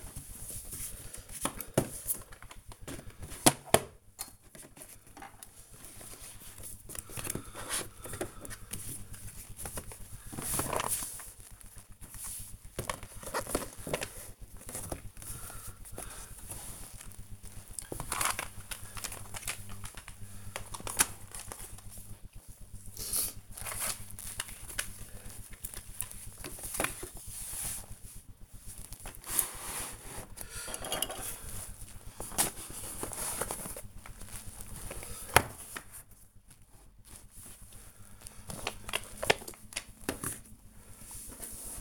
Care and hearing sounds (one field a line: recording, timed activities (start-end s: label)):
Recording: household activities, microphone on the right wrist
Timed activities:
0.00-41.81 s: cleaning the cupboard